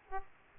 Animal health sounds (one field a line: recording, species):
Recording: mosquito wingbeat signal from an infrared sensor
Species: Aedes aegypti